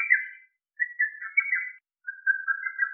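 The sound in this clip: Lesser cuckoo singing in quick stuttering bursts of whistled notes, three short phrases separated by brief pauses.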